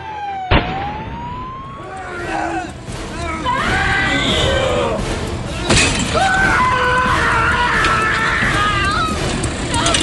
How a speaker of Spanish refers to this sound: Los gritos que ustedes están escuchando